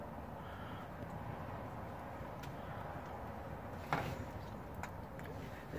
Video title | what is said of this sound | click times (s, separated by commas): John Deere 8410 -- RE1000 Module Installation | you see we heard that click - so what's in there and it's security a | 3.9 s